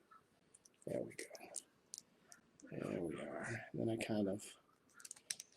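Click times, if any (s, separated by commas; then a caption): 5.3 s. During reassembly of a vintage 3.75-inch G.I. Joe action figure, someone talks while a plastic body part is pressed back onto the figure's torso, with small scattered clicks and handling taps throughout. The part clicks into place with a sharp snap at 5.3 s.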